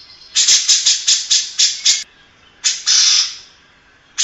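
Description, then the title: Grey-cheeked bulbul harsh calls: a quick run of seven scratchy, buzzy bursts, a pause, then a longer rasping note and one more burst. Long-duration master song, played to train other birds. "Cucak Jenggot Masteran Durasi Panjang"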